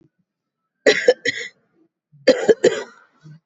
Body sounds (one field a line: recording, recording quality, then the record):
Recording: heavy voluntary cough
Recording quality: excellent, no background noise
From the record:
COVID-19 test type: RT-PCR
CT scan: not taken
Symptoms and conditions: cough, cold, breathing difficulty, another respiratory illness, hypertension, diabetes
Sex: female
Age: 55 years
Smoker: no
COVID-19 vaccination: none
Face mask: not worn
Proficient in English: yes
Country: India